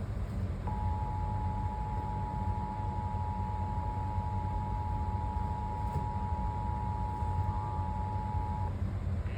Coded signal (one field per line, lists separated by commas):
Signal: Emergency Alert System (SAME) tones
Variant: 853 and 960 Hz attention tone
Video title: EAS #413-415 - CHS SVR #noaaweatherradio